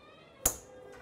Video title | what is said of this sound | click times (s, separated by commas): Rack Adjuster Kit for Dishwasher | you'll hear a click | 0.5 s